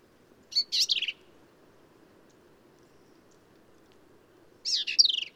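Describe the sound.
Black-capped vireo delivers two harsh, slurred high phrases, the second about four seconds after the first, with near silence between.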